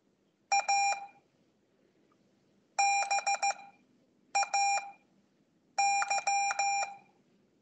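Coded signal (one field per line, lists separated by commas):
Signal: Morse code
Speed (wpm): 15 wpm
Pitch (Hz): 800 Hz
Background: none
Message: ABAY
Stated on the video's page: Morse code practice session held weekly over Skype.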